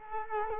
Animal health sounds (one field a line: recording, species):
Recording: mosquito wingbeat signal from an infrared sensor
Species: Culex quinquefasciatus